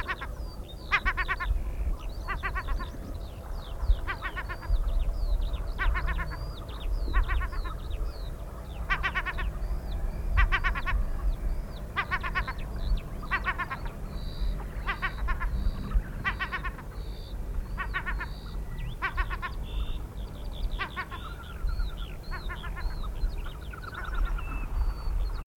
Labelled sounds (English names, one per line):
European Herring Gull call